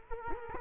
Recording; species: mosquito wingbeat signal from an infrared sensor; Culex quinquefasciatus